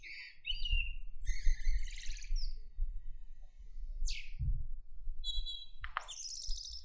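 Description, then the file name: Common blackbird song: fluty and chattering notes with sharp high squeaks, over a constant low background rumble. "Turdus merula"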